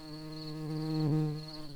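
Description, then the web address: Common carder bee buzzing: a steady, low droning hum with rich harmonics that dips briefly in pitch midway, then holds steady, with a faint thin high whine throughout. Queens of Bombus pascuorum. "bumblebees Pascuorum-queens"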